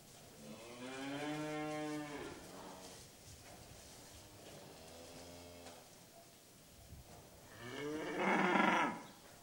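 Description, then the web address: Cattle calls: a drawn-out moo early on, a softer one midway, then a harsh, loud bellow near eight seconds. Restless cattle in a shed. "Sound Effects-BBC Cattle"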